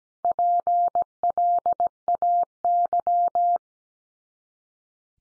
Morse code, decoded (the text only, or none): PLAY